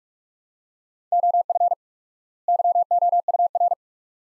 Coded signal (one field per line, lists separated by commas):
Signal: Morse code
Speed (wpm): 42 wpm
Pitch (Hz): 700 Hz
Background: none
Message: OF YOUR